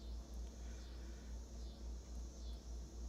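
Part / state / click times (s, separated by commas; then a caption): plastic connector pin into a building block piece / not seated / none. A small plastic connector pin is handled against a building block piece after its wrong end was first put in, as the correct end is lined up to push in. Only a steady low rumble with faint higher hiss is heard, with no distinct click. Nothing has seated or clicked yet.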